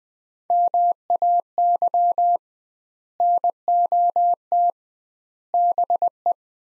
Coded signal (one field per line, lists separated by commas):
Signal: Morse code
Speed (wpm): 20 wpm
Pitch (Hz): 700 Hz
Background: none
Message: MAY NOT BE